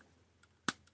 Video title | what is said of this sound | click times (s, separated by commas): ✨Transformer Joe is live✨ UNBOXING GI-JOE XOVER TRIPLE T KUP AND SGT SLAUGHTER | And you got a Oh. Oh, you got a nice little click there. | 0.7 s